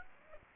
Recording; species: mosquito wingbeat signal from an infrared sensor; Aedes aegypti